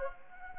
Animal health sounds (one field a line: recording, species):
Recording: mosquito wingbeat signal from an infrared sensor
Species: Anopheles gambiae